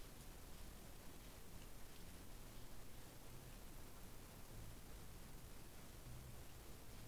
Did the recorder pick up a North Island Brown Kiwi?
no